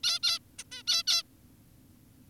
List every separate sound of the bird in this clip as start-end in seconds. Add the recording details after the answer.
0.04-0.20, 0.23-0.39, 0.59-0.64, 0.72-0.83, 0.88-1.03, 1.07-1.23. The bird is an adult. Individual g17y2U